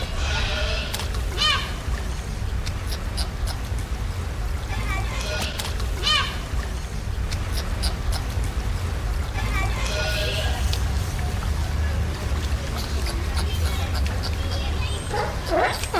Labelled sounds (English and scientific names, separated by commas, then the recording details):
California Sea Lion (Zalophus californianus) call
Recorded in captivity
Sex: male
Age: adult
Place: Tiergarten Wilhelma/Stuttgart, Baden-Württemberg, DE
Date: 1998-10-02 14:50
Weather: overcast, ca.14°C
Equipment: Sony MD-WM MZ-R3, Sennheiser MKH 416 T, Kopie Uher 4000 Report Monitor
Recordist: Tembrock, Günter